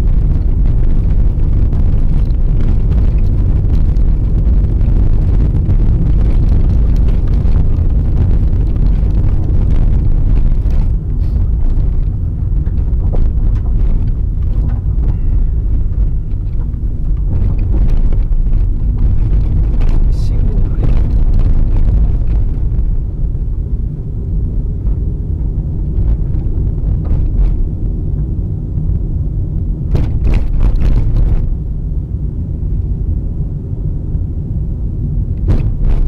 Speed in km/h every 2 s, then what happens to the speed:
26, 27, 28, 28, 27, 24, 23, 23, 22, 22, 1, 6, 33, 33, 30, 28, 30, 29.
0-19 slows to 1. 19-21 standing. 21-25 pulls away to 33.